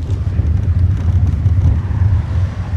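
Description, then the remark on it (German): A car drives off the country road over bumpy tracks and sandy, unpaved paths in Kashubia, west of Gdańsk, Poland. Its engine is a steady low rumble with uneven bumps and rattles. A faint hiss of wind or tire noise runs underneath, and no one speaks. “dirigiert den Wagen runter von der Landstraße über Holperpisten und Sandwege.”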